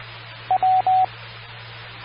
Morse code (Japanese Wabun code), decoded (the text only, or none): none